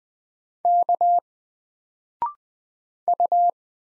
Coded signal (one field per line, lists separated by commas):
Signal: Morse code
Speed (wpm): 20 wpm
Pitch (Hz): 700 Hz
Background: none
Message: K U